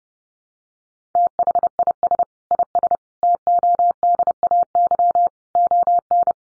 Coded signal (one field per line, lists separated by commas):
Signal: Morse code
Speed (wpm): 30 wpm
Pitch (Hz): 700 Hz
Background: none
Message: THIS IS TODAY ON